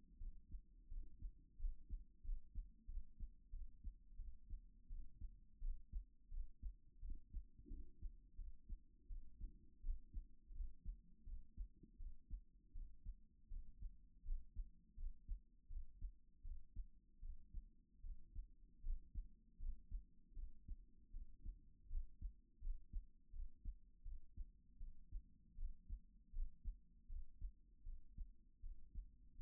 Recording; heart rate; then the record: heart sounds by stethoscope; 82 bpm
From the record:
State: at rest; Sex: female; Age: 37 years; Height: 160 cm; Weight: 68 kg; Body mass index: 26.56